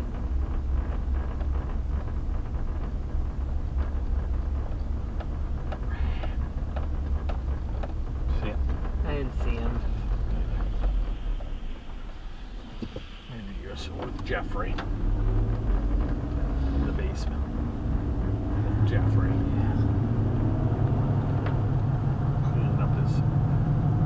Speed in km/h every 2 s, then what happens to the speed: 23, 23, 23, 23, 21, 8, 6, 19, 31, 42, 50, 52.
0-7 steady at about 23. 7-12 slows to 6. 12-24 speeds up to 52.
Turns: 11-16.